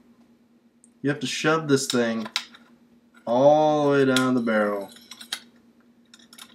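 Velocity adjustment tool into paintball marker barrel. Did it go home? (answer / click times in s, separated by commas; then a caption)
yes / 5.3 s. Someone talks while a velocity adjustment tool is shoved all the way down the barrel of a 2013 Spyder Hammer 7 paintball marker until it engages the velocity adjuster. Small handling taps follow, then a sharp click at 5.3 s as the tool seats in the adjuster.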